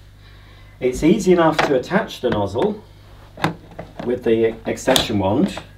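A plastic floor nozzle for a Karcher VC 6 vacuum cleaner is being handled to attach it to the extension wand while someone talks, with brief knocks at about 3.4, 3.8 and 5.8 seconds. Nothing has seated or clicked yet.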